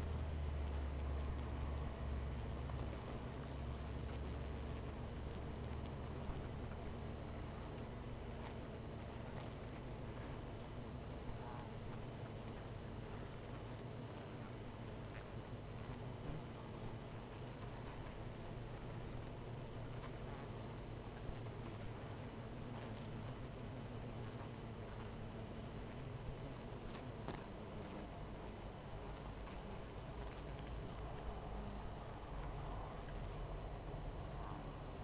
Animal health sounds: honeybee colony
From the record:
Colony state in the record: missing queen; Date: 14 July 2017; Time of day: 18:17

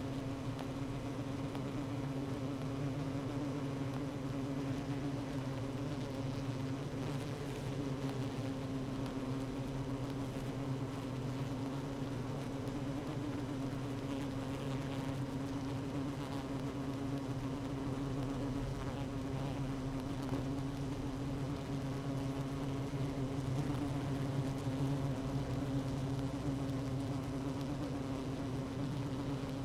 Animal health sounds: honeybee colony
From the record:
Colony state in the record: active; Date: 12 June 2018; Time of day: 16:40

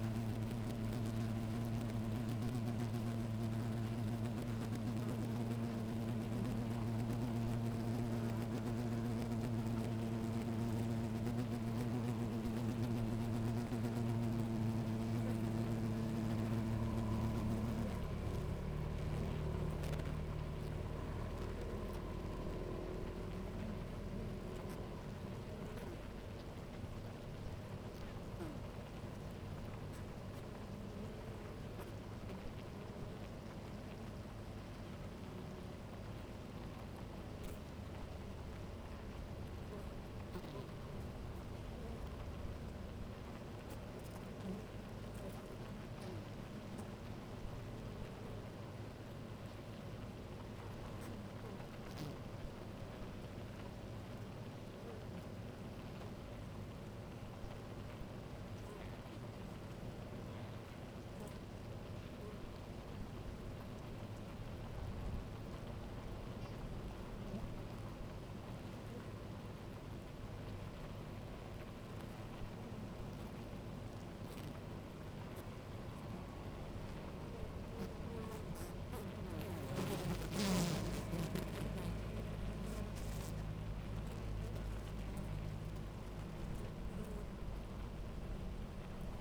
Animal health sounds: honeybee colony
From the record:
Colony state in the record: active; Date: 28 July 2017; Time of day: 10:51

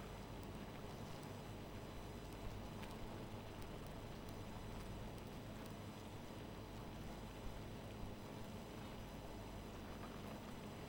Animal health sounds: honeybee colony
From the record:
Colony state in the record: missing queen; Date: 14 July 2017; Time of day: 1:24

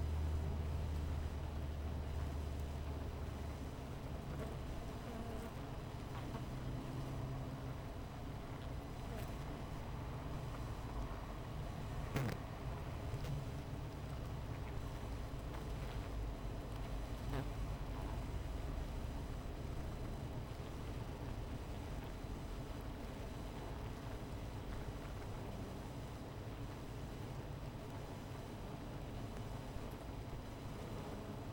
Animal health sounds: honeybee colony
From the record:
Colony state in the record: missing queen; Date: 14 July 2017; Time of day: 16:34

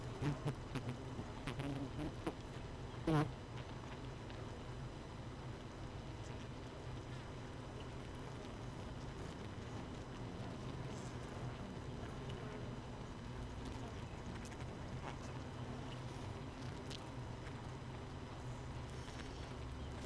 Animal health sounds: honeybee colony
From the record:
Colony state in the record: missing queen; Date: 31 May 2018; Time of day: 5:40

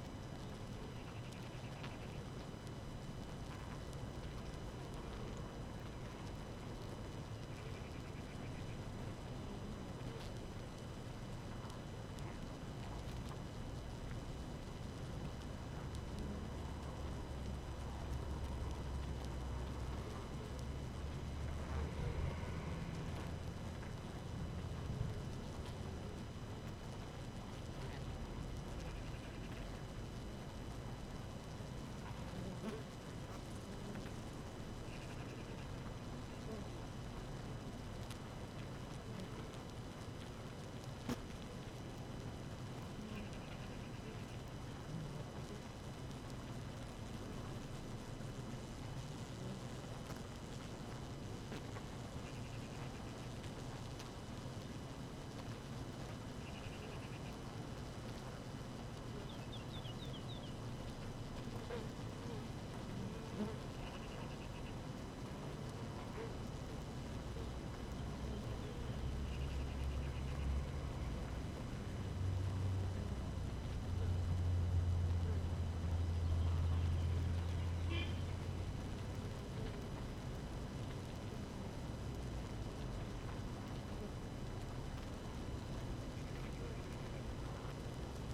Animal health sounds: honeybee colony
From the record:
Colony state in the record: active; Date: 12 June 2018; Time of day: 5:52

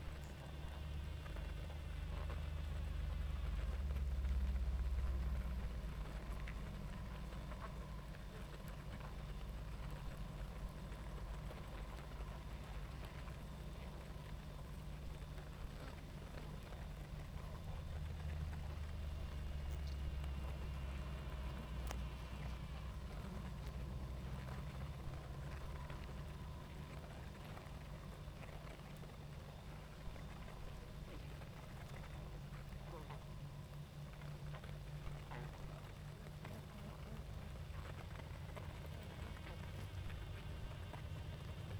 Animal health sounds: honeybee colony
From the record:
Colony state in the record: active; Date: 28 July 2017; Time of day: 19:40

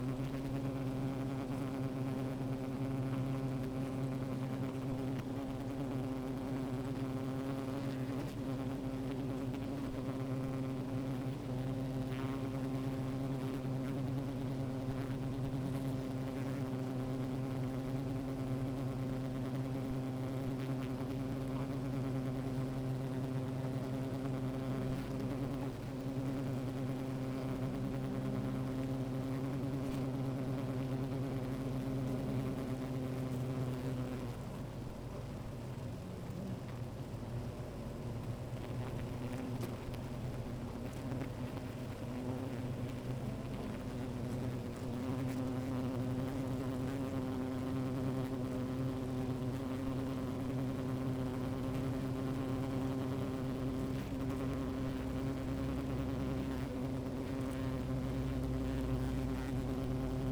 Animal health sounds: honeybee colony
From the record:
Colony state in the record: active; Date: 28 July 2017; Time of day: 13:50

